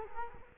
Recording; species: mosquito wingbeat signal from an infrared sensor; Culex quinquefasciatus